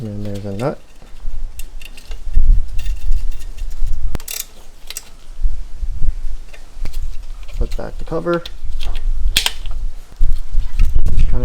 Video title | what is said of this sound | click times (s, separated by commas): Installing Non Stop Tuning Lightweight Pulleys - Part 2 | snap into place | 9.4 s